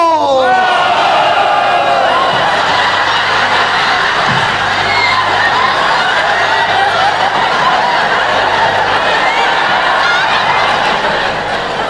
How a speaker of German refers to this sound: Aber bei dem Prost müssen die Stuhlreihen umfallen. Also, es geht um unsere Ehre, es ist ja noch nicht eingeschaltet. Meine Damen, halten sich fest, sonst fliegen Sie vom Stuhl. Achtung, meine Herren, Generalprobe. Männer prosten sich zu!